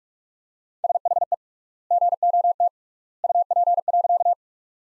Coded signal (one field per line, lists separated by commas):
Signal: Morse code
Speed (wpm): 46 wpm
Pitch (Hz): 700 Hz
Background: none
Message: SHE GOT UP.